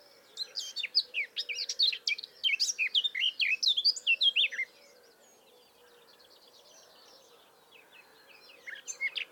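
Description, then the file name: Eurasian blackcap song: a fast, rich warbling phrase of varied high whistled and scratchy notes lasting about four seconds, then a pause before another phrase begins, over a steady low hum. "Sylvia atricapilla"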